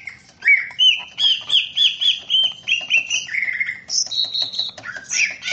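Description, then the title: Greater green leafbird song, a clear series of repeated rising-and-falling whistled notes, then higher buzzy trills and harsh chatter. "KICAU BURUNG CUCAK IJO"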